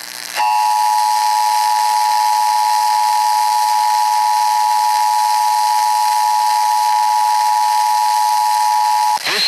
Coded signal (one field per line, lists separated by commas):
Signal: Emergency Alert System (SAME) tones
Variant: 853 and 960 Hz attention tone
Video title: TN RMT on WTFM - 11/9/21 (EAS #6,427)